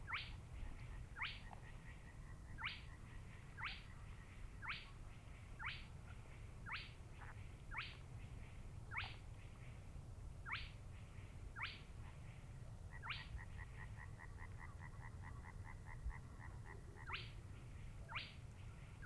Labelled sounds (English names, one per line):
Spotted Crake